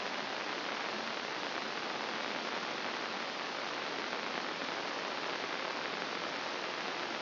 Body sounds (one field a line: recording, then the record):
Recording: brain microelectrode recording played as sound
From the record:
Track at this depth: outside the subthalamic nucleus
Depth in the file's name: 1.039 mm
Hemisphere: left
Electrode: 2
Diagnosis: Parkinson's disease